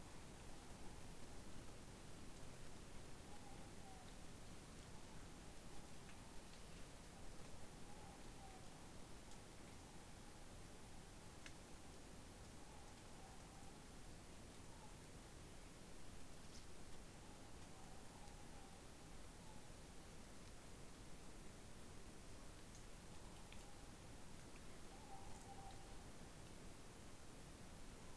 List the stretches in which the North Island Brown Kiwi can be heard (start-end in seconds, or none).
none